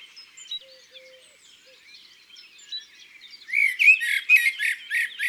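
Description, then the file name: Eurasian magpie chatter: soft small-bird twittering at first, then a series of loud, scratchy, rattling notes near the end. Recorded in the countryside. "Pie bavarde Chants doiseaux dans la campagne"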